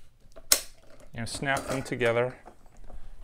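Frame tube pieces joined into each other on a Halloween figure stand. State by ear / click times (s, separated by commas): seated / 0.5 s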